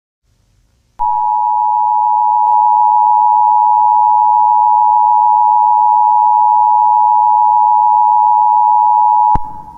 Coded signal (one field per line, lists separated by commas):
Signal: Emergency Alert System (SAME) tones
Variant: 853 and 960 Hz attention tone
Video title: Eas Scenario: Paw Patrol es Invadido por Calle Dalmatas 101 (1/2) contexto en la descripción